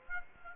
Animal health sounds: mosquito wingbeat signal from an infrared sensor; Aedes aegypti

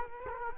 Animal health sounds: mosquito wingbeat signal from an infrared sensor; Culex quinquefasciatus

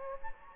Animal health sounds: mosquito wingbeat signal from an infrared sensor; Anopheles gambiae

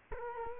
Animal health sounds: mosquito wingbeat signal from an infrared sensor; Culex quinquefasciatus

